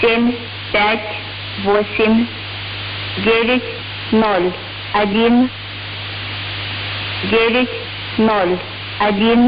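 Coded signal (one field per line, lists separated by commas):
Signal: numbers station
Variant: S06s Russian Lady, Russian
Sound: female voice reading short, evenly spaced words over hissy static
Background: radio static, low hum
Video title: 25 01 2022 Number station S06s Russian Lady in Russian to Eu 0730 on 7410 unknown tx site in CUSB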